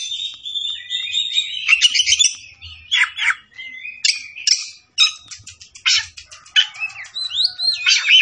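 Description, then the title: Oriental magpie-robin giving a busy song of scratchy buzzes, chattering notes and sliding whistles, delivered in quick uneven phrases. Tretes; singing vigorously (gacor). "Kacer Tretes"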